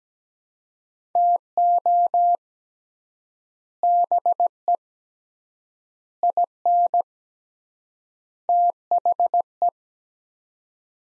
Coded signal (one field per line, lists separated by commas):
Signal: Morse code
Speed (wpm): 17 wpm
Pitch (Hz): 700 Hz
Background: none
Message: TO BE IN THE